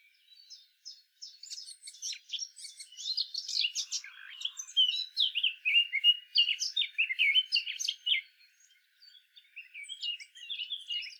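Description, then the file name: Eurasian blackcap song, a rapid run of varied chattering and warbled notes that builds into louder, fuller phrases before pausing and resuming more softly near the end. "Sylvia atricapilla"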